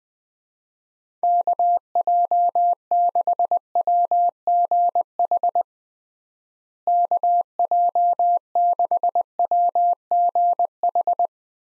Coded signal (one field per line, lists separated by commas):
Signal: Morse code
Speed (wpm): 21 wpm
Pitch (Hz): 700 Hz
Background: none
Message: KJ6WGH KJ6WGH